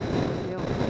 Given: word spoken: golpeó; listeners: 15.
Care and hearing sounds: one Spanish word in noise, from a listening test; noise modulated by three-talker babble; -6.9 dB; 1 of 15; 11 of 15; 0.50 s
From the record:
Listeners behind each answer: 11, 1, 1, 1, 1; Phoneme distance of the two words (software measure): 28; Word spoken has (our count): 3 syllables, 6 phonemes, stress on syllable 3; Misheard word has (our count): 2 syllables, 4 phonemes, stress on syllable 2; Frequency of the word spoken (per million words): 5.84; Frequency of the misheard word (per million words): 69.09

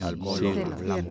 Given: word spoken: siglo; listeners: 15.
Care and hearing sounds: one Spanish word in noise, from a listening test; four-talker babble; -2.0 dB; 0 of 15; 13 of 15; 0.70 s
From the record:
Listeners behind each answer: 13, 1, 1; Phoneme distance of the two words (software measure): 45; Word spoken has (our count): 2 syllables, 5 phonemes, stress on syllable 1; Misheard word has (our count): 3 syllables, 6 phonemes, stress on syllable 3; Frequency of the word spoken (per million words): 274.58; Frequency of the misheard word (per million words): 48.97

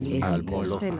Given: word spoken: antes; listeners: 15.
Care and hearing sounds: one Spanish word in noise, from a listening test; four-talker babble; -2.4 dB; 0 of 15; 14 of 15; 0.60 s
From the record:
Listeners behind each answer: 14, 1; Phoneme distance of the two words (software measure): 47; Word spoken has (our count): 2 syllables, 5 phonemes, stress on syllable 1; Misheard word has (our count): 3 syllables, 6 phonemes, stress on syllable 3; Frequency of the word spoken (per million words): 660.47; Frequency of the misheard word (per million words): 48.97

